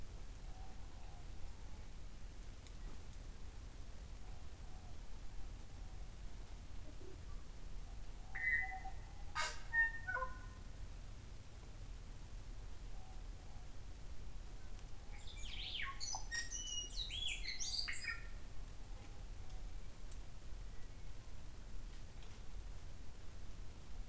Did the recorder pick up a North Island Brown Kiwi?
no